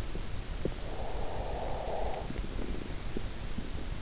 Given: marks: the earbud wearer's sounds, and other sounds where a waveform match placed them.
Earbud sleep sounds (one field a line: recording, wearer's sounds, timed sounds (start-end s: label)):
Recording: sounds in sleep by an in-ear microphone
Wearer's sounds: breath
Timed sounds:
0.65-3.03 s: breath